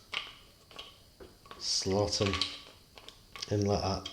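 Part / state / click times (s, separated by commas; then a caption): attachment into jigsaw base slots / not seated / none. An attachment is handled and slotted into the side slots on the base of a Makita 4351FCT orbital action jigsaw, with a few short, light handling taps and scrapes while someone talks. Nothing has seated or locked into place yet.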